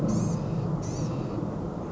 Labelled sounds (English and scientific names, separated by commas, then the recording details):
Blue-gray Gnatcatcher (Polioptila caerulea)
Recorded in Sonoma County, California